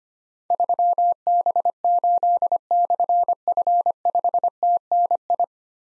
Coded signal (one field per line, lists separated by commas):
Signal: Morse code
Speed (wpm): 25 wpm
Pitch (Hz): 700 Hz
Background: none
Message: 3B8/F5TNI